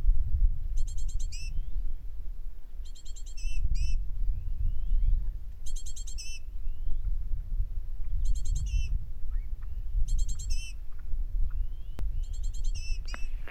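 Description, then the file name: Great tit calls: short clusters of high, ringing notes, each ending in a lower swooping note, repeated several times over steady low rumble. "Parus major"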